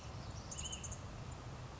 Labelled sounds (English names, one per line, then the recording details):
Hutton's Vireo
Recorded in Sonoma County, California